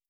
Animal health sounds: hydrophone in a shrimp aquaculture tank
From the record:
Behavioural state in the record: starved

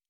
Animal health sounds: hydrophone in a shrimp aquaculture tank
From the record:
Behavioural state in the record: normal

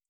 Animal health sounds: hydrophone in a shrimp aquaculture tank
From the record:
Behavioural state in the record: feeding

